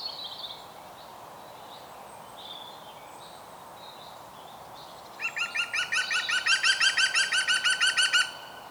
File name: Groene Specht Picus viridis